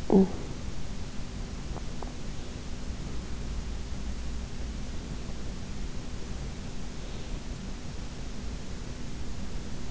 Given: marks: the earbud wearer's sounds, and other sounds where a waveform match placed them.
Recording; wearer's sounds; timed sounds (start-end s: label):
sounds in sleep by an in-ear microphone; talking in sleep, teeth grinding
0.00-0.51 s: talking in sleep
1.72-2.35 s: teeth grinding